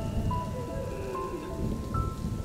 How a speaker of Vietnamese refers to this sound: Cơn mưa xối xả trên mái tôn vang lên đợp đợp. Tiếng động ồn ả đó lấn át hết tiếng khóc của người thân bên trong căn nhà.